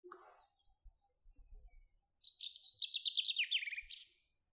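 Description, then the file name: Common chaffinch song: a brisk series of high notes tumbling downward in steps, finishing in a short flourish, preceded by a few soft lower chirps and faint low thumps. "Fringilla coelebs"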